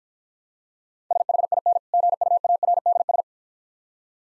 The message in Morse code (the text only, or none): SHIN GUARDS